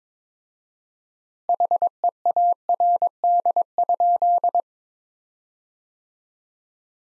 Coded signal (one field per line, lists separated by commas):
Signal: Morse code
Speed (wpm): 21 wpm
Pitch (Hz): 700 Hz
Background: none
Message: HEARD?